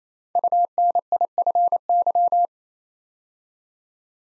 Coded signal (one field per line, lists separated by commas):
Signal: Morse code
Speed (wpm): 29 wpm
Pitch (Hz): 700 Hz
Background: none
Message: UNIFY